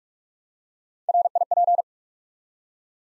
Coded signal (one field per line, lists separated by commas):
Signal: Morse code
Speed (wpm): 44 wpm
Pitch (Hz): 700 Hz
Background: none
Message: RIP